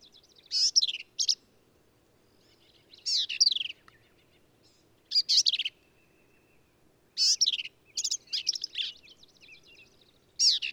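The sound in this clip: Black-capped vireo song, harsh buzzy phrases mixed with slurred squeaky notes repeated every two to three seconds, over a faint low background hum.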